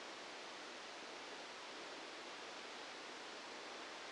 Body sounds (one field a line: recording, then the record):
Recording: brain microelectrode recording played as sound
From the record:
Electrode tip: outside the subthalamic nucleus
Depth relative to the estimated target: -8 mm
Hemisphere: left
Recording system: NeuroSet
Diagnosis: Parkinson's disease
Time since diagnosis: 9 years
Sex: male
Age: 61 years